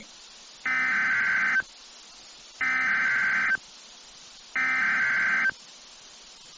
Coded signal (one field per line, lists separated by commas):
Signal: Emergency Alert System (SAME) tones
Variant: header bursts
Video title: EAS Evacuation Immediate/Fire Warning Hutchinson County, Texas (Amarillo) NOAA Weather Radio/IPAWS